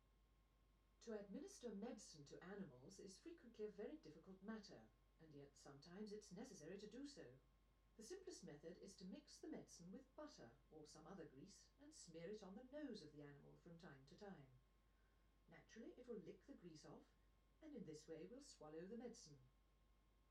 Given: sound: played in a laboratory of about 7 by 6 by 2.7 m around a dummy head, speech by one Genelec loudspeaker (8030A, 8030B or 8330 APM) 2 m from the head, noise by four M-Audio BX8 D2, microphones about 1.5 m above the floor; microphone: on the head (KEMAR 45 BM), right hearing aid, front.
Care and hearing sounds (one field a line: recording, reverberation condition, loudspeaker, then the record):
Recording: female speech in English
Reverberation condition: low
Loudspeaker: 60 degrees to the left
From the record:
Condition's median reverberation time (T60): about 310 ms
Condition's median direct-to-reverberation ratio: about 3.5 dB